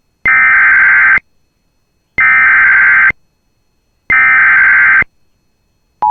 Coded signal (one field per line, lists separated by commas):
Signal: Emergency Alert System (SAME) tones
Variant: header bursts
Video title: [EAS Compilation] Minnesota Statewide Severe Thunderstorm Madness! July 14 2023 Severe Outbreak